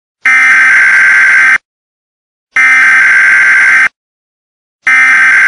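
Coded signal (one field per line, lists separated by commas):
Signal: Emergency Alert System (SAME) tones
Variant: header bursts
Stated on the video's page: Fictional EAS scenario.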